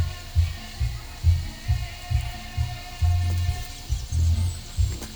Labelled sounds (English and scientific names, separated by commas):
none